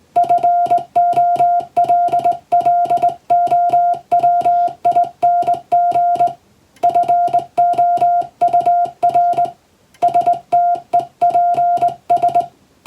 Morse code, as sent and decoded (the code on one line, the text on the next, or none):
..-. --- .-.. .-.. --- .-- .. -. --. / ..-. --- ..- .-. / ... - . .--. ...
FOLLOWING FOUR STEPS